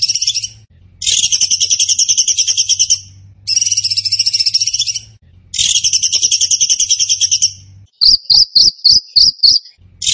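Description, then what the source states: Bird song in long bursts of fast, high, scratchy trills separated by short pauses, ending with a series of sharper spaced chips; a faint low hum underneath. Masteran training recording in the tembakan gacor style.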